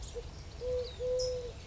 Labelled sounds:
California Towhee
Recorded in Sonoma County, California

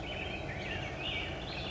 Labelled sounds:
Black-headed Grosbeak
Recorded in Sonoma County, California

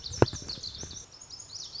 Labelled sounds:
Lazuli Bunting
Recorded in Sonoma County, California

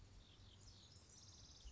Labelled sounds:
House Wren
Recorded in Sonoma County, California

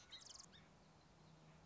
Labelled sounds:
Song Sparrow
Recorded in Sonoma County, California

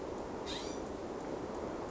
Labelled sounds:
California Scrub-Jay
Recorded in Sonoma County, California

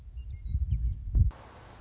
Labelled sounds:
Western Meadowlark
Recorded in Sonoma County, California

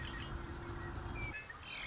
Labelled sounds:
Red-winged Blackbird
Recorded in Sonoma County, California

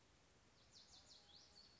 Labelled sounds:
Lazuli Bunting
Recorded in Sonoma County, California

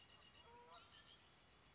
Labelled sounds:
Red-winged Blackbird
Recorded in Sonoma County, California

